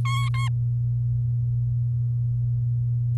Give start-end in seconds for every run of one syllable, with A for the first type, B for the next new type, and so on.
0.05-0.48 A